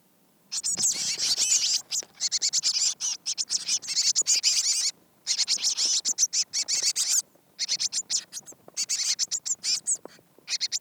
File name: Cyanistes caeruleus